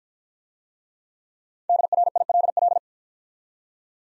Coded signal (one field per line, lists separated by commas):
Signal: Morse code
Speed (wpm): 50 wpm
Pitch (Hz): 700 Hz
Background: none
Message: DRILL